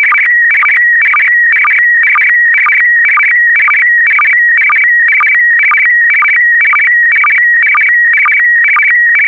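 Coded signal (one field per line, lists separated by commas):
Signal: SSTV (slow-scan television)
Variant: PD120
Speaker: get ready starting transmission in 5 4 3 2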